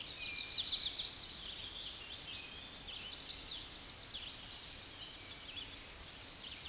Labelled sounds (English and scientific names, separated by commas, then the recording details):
Tennessee Warbler (Leiothlypis peregrina) song
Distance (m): 40 m
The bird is about 20 m above the microphone
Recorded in a Pennsylvania forest on 16 May 2024 at 09:53
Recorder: AudioMoth, point MSD-0508
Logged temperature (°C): 15.5 °C
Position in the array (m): 65 m, 170 m